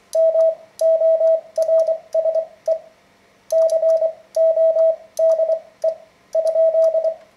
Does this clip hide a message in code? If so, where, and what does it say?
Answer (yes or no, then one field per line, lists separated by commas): yes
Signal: Morse code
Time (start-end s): 0.2-7.1 s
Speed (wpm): 24 wpm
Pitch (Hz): 650 Hz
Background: radio noise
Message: MORSE CODE?